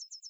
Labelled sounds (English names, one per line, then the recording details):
Yellowhammer song
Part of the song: start
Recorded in the Czech Republic on 23 May 2015
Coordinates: 16.149, 16.263
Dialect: BE
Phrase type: H14
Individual ch032